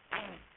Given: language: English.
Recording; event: throat vibration sensor signal played as sound; throat clearing